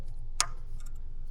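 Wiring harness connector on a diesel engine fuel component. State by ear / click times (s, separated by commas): seated / 0.4 s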